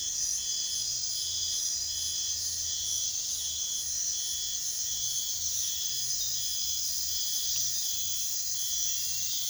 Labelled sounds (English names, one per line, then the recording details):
none
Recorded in pastures near Puerto Asís, Putumayo, Colombia, on 22 June 2025 at 04:00
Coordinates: 0.466, -76.322
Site GP07